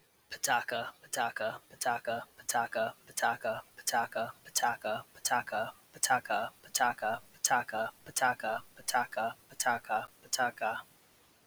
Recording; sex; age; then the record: repeated syllables /pa ta ka/; male; 30 to 39 years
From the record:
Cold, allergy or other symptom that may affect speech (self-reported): no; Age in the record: 37 years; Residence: Wisconsin, United States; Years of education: 16